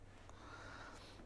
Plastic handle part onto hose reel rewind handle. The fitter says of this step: the first part pushes onto the handle and just clicks into place like so